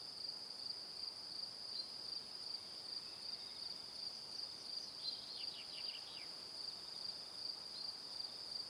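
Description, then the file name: Crickets chirp in a fast, unbroken rhythm; a short cascade of downward-sweeping notes passes over them past the middle. Crickets chirping in the evening. "Calm - Evening Crickets"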